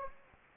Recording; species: mosquito wingbeat signal from an infrared sensor; Anopheles gambiae